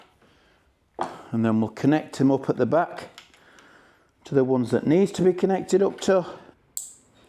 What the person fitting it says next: Nice and tight. You can tell when they're going nice because they get a really nice click.